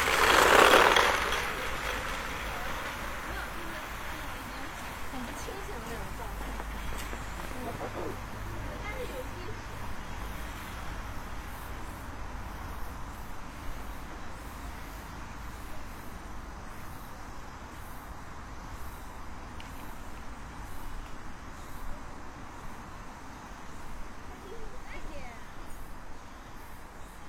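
A noon break walk on a cloudy day, opening with a loud burst in the first second before settling into a steady, even murmur. Faint voices and passing traffic sit low in the mix, with a few soft knocks and brief bumps scattered throughout.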